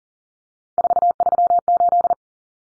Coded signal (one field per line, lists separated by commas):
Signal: Morse code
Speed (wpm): 40 wpm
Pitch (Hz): 700 Hz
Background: none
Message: 438